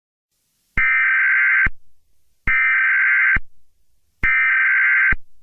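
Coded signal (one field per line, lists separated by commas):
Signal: Emergency Alert System (SAME) tones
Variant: header bursts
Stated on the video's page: Fictional EAS scenario; the EAS tones and attention signals are simulated recreations.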